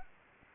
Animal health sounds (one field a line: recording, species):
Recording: mosquito wingbeat signal from an infrared sensor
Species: Anopheles gambiae